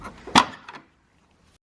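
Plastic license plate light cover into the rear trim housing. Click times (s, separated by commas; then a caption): 0.4 s. A plastic license plate light lens cover on a 2012-2017 Toyota Camry XV50, pressed back into its opening in the rear trim housing after the bulb is replaced, snaps home with a sharp click at 0.4 s. A couple of lighter clicks follow near 0.7 s before the sound fades to quiet, and the cover is seated.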